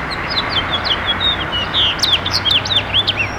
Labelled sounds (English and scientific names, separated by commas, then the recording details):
House Finch (Haemorhous mexicanus) song
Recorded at Babylon on Long Island, New York, on 18 May 2013
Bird F